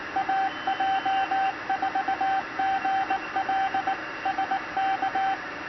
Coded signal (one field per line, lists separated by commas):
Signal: Morse code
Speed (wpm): 19 wpm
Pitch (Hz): 770 Hz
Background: radio noise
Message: AJ4GL SK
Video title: Arduino CW straight keyer for amateur radio